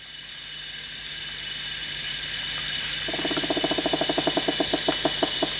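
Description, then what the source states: Rufous woodpecker giving a fast series of short knocking notes in the second half, over a steady high insect drone. Recorded at Danum on 1 January 2008.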